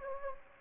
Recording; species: mosquito wingbeat signal from an infrared sensor; Anopheles gambiae